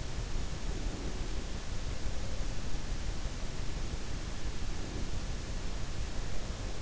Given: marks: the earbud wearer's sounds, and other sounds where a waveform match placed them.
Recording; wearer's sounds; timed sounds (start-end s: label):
sounds in sleep by an in-ear microphone; breath
0.76-1.34 s: breath
4.59-5.05 s: breath